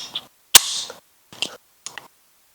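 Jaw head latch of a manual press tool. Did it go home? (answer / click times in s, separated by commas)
no / none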